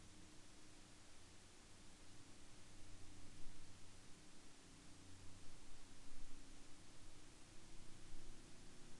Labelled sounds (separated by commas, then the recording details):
aircraft
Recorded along the Dempster Highway, Canada, on 30 March 2020 at 19:24
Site 25